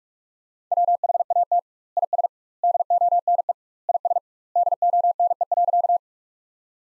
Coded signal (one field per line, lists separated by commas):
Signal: Morse code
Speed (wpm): 47 wpm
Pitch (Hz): 700 Hz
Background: none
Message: WHAT IS DONE IS DONE.